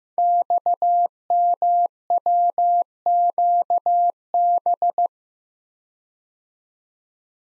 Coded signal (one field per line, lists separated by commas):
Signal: Morse code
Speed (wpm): 15 wpm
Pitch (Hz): 700 Hz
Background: none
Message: XMWQB